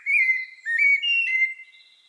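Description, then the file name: Common blackbird singing a few mellow, fluted whistled notes in quick succession, the last one held and fading away. "Turdus merula"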